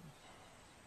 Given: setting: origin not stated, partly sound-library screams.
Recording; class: one-second piece from a danger detection set; normal situation